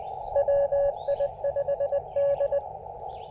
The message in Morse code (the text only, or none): WI5D